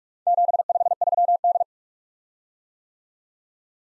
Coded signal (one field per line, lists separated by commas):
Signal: Morse code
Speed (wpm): 50 wpm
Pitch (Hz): 700 Hz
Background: none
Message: 753D